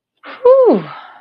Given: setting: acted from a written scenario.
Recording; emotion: vocal sound without words; relief